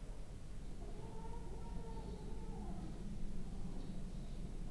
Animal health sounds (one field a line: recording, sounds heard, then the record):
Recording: poultry house recording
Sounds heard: no chicken sound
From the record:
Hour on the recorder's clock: 8